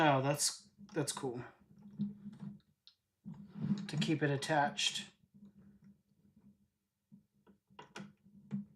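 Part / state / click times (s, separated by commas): LEGO element into the model build / seated / 7.8 s, 8.0 s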